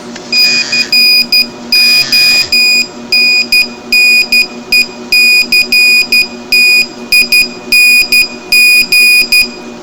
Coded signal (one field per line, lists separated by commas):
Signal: Morse code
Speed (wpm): 12 wpm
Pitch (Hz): 2450 Hz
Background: none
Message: CONNECTING